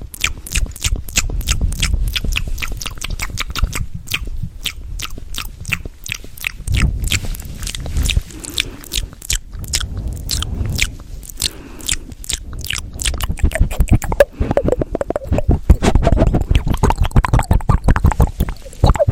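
Fast, aggressive mouth sounds run without pause: dense wet clicks, pops and smacking bursts, with crisp bright snaps over soft low breathy thumps. The pace quickens and grows louder and busier after about fifteen seconds.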